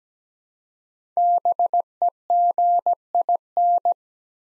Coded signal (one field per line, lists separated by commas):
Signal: Morse code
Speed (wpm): 17 wpm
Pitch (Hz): 700 Hz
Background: none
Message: BEGIN